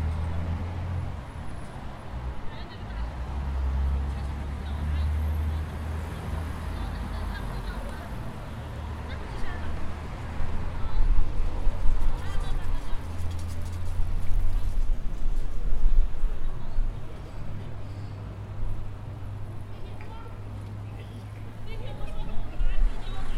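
Lane 5 of the Padua bus station, with a steady low engine rumble idling underneath throughout. Voices murmur and chatter over it, growing busier and louder from around ten seconds on, with brief clatters and scrapes mixed in.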